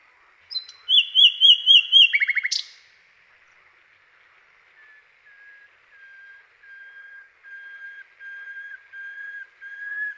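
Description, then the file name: Common nightingale: bird song with a fast run of repeated whistled notes and a sharp rattle, then a series of soft low whistles steadily rising in loudness. "SLOWIKRDZAWY"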